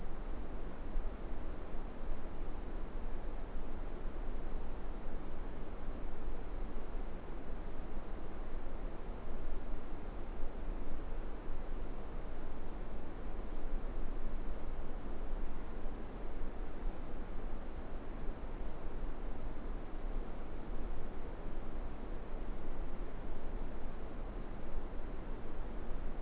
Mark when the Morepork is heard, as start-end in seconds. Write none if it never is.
none